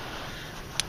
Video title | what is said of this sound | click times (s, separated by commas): VCMTUNER - disable VCM / ECO mode on Honda and Acura - Installation | push that hear a click pull up | 0.8 s